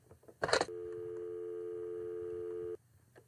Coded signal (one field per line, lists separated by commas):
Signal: telephone call progress tone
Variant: North America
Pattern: dial tone